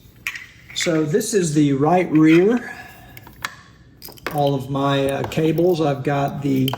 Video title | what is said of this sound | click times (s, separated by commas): Custom Wiring On My 2024 Honda Goldwing Tour - Part One | and there's our case and this just like I said it just snaps in place | 0.3 s